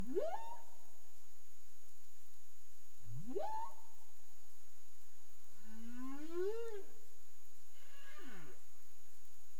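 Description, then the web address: Humpback whale sounds: four tonal units, two sharply rising whoops, then an arched moan rising and falling, then a short descending sweep, over steady underwater hiss. Recorded 30 April 2035 at 03:29 UTC. "CARIMAM. humpback whale 20350430 032931 UTC"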